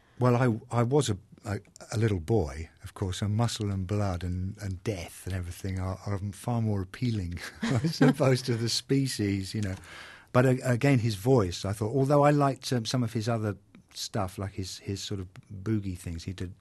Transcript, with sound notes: Well, I was a little boy, of course, and muscle and blood and death and everything, are far more appealing...
(SOUNDBITE OF LAUGHTER)
...so far as to the species, you know. But again his voice, I thought although I liked some of his other stuff, like his sort of boogie things.